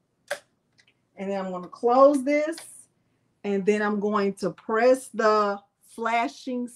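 An Infusible Ink pen, with its cap removed and placed on its end, is pushed down into open clamp A of a Cricut-style cutting machine and clicks into place at 0.3 s. Two faint ticks follow at about 0.8 and 0.9 s. Then someone talks.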